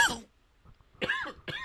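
Three short, voiced cough bursts come within under two seconds from an adult: one at the start, then a pair about half a second apart after a brief quiet gap. Each has a harsh, throaty onset. These are plain coughs in a quiet room.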